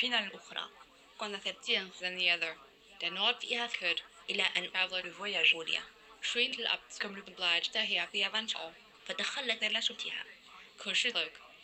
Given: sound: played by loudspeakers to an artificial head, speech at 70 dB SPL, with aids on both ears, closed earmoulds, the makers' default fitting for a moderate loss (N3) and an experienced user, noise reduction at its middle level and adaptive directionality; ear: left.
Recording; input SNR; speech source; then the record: speech test signal (ISTS) in cocktail-party noise; +6 dB; in front (0 degrees)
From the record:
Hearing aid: class 1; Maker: I